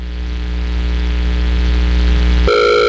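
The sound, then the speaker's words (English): A telephone line tone on an unanswered call: a steady, loud low electronic drone holds for a couple of seconds, then abruptly switches to a brighter, higher-pitched tone. No one speaks. “I think they have problems with their phone lines.”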